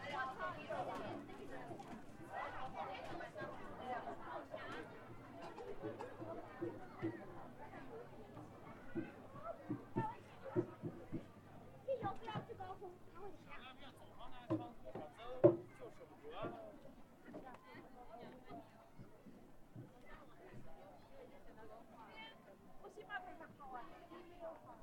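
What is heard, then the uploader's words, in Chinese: At Hongyadong in Chongqing, many voices overlap in a continuous crowd murmur, with nearby speech rising above the babble. Sharp clicks and knocks pop out now and then, the loudest around the fifteenth second, over a steady low hum. 重庆洪崖洞。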